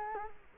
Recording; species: mosquito wingbeat signal from an infrared sensor; Culex quinquefasciatus